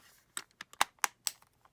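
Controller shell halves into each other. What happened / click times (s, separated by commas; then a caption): The plastic housing clips snapped together / 0.8 s, 1.0 s, 1.3 s. The plastic halves of a PS5 game controller shell are pressed back together after cleaning to fix analog stick drift, giving a series of sharp, bright plastic snaps. The snap clips engage with clicks at 0.8, 1.1 and 1.3 seconds, and the shell is fully seated.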